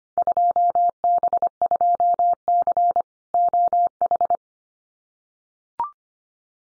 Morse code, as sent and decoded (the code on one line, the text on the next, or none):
..--- -... ..--- -.-. / --- ....
2B2C OH